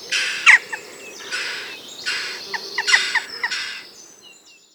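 Western jackdaw harsh, grating calls given in four loud bursts roughly a second apart, with short squeaky notes between them.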